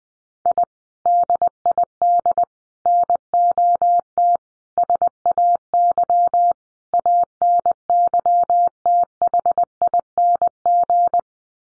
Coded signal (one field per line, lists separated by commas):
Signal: Morse code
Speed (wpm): 20 wpm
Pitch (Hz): 700 Hz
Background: none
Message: I DID NOT SAY ANYTHING